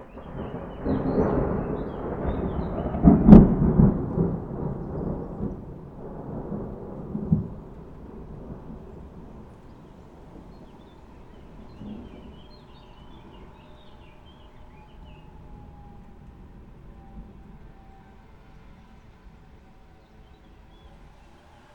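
A heavy rumble of thunder rolls through the first seven seconds, peaking with a sharp crack around three seconds, mixed with wind buffeting the microphone. It then fades into a quieter, steady low murmur of rain and street traffic, with faint bird chirps.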